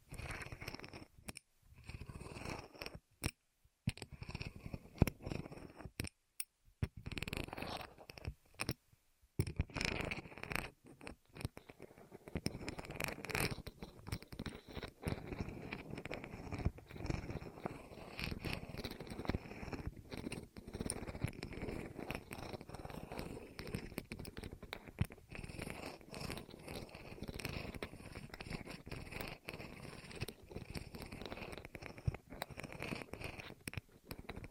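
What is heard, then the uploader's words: ASMR rolling sounds against the ears, a dense, crackly rumble that is steady through most of the clip. The first ten seconds break into bursts with several short gaps of silence, then the rolling runs continuously with a soft purring, chewing-like texture. ASMR Rolling On Your Ears (No Talking).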